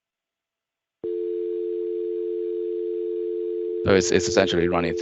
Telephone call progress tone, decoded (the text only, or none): dial tone